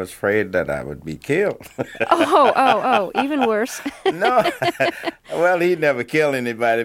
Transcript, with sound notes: I was afraid that I would be killed (laughter)
Oh, oh, oh, even worse (laughter)
No. (laughter) Well, he'd never kill anybody.